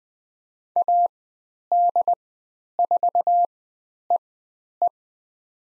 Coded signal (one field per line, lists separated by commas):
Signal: Morse code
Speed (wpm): 20 wpm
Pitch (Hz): 700 Hz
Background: none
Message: AD4EE